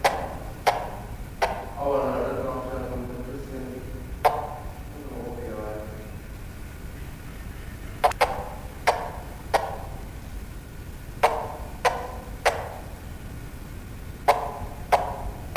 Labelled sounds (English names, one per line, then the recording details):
Von Der Decken's Hornbill call
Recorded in captivity
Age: adult
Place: Zoo Berlin, Berlin, DE
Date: 1999-12-21 14:15
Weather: bedeckt, 0°C
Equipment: Nagra SN, Kopie Uher 4000 Report Monitor
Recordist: Tembrock, Günter